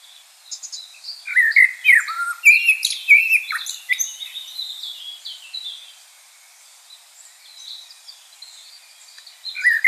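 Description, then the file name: Common blackbird song: a run of loud warbled, swooping phrases early on, a quiet stretch with faint high twitters, and a fresh loud note at the very end. "Turdus merula"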